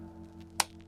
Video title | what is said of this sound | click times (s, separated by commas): The Tuman Show. Death by 1000 mini projects. EFI Elan is 90% done | Nice satisfying click. | 0.6 s